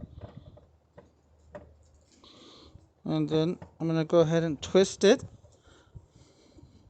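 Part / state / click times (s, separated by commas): halogen headlight bulb into headlight housing / not seated / none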